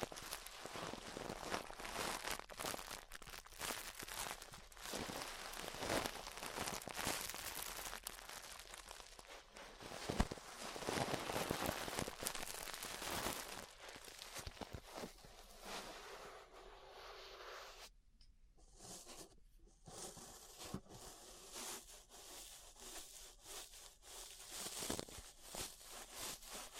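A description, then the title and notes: Ear brushing fills the clip with dense, scratchy bristle strokes, coarse and rasping like sawing or rubbing on wood. The strokes come in quick uneven bursts, loudest around ten to twelve seconds. Brief silent gaps break them up near seventeen to twenty seconds. ASMR Relaxing 3Dio Ear Brushing (No Talking).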